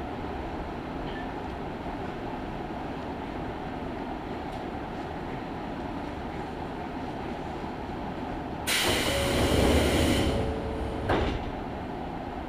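A train on the Izuhakone Railway Daiyuzan Line runs with a steady, low rumble for most of the clip. Near the nine-second mark a loud hiss bursts in with a faint squeal under it, lasting about two seconds, and a shorter hiss follows around eleven seconds.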